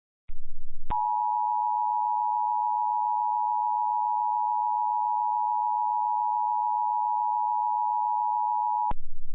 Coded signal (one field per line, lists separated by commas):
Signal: Emergency Alert System (SAME) tones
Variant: 853 and 960 Hz attention tone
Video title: EAS Mock: Erm where's Grays harbor WA?